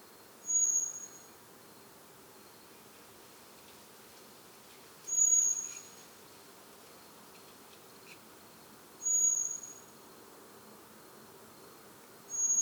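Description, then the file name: Common blackbird thin calls: four high, level whistles about four seconds apart, with a few faint clicks between them over steady hiss. "Turdus merula"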